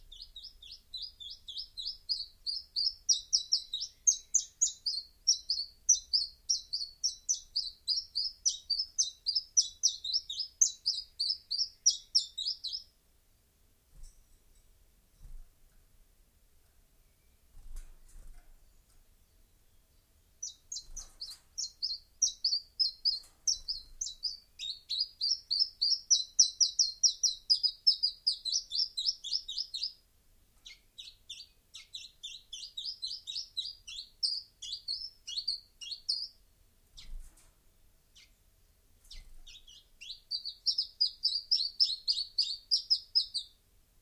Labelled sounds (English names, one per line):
Common Chiffchaff song